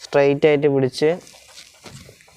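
Someone talks while the lower end of a new speedometer cable is held straight and pushed into its drive fitting on a Honda Shine motorcycle, where the lock sits on one side. After the talking, faint handling noises follow with a small tap near 2.2 seconds. Nothing has seated or clicked into place yet.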